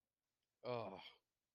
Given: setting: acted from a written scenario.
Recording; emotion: vocal sound without words; disappointment